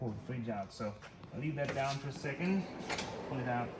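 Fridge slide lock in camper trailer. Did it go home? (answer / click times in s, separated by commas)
no / none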